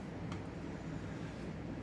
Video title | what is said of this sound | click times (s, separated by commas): Lathe - Creating an Internal Hole Using a Lathe Boring Tool | sometimes the gears don't go in straight away so we need to rotate the chuck slightly until the gear selectors click into place | 0.3 s